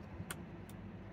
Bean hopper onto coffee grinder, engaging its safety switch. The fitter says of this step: And you can hear it's got a click, so when the hopper is on, it